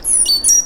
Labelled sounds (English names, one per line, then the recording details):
Stitchbird song
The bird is a male
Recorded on Tiritiri Matangi Island, New Zealand, in 2005
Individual 1, of nest box 1